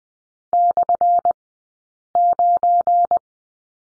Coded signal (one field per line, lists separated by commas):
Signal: Morse code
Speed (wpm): 20 wpm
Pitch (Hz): 700 Hz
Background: none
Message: /9